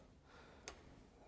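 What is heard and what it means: A wiring connector is pushed onto the terminals of a new washing machine inlet valve. A single sharp click sounds at 0.7 s over a low steady background, and the connector is seated and the wiring is hooked up.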